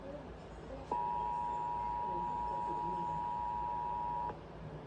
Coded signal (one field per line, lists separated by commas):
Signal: Emergency Alert System (SAME) tones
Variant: 853 and 960 Hz attention tone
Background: speech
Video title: Required Weekly Test on WDLV-FM - 7/29/24 (EAS #2152)